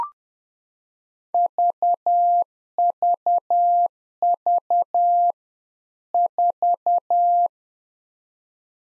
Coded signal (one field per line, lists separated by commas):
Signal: Morse code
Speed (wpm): 10 wpm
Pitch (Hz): 700 Hz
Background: none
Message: VVV 4